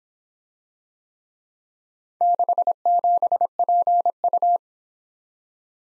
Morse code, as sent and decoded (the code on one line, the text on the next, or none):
-.... --... .--. ..-
67PU